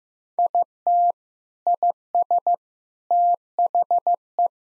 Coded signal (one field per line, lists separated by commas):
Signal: Morse code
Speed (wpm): 16 wpm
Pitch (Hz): 700 Hz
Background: none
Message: IT IS THE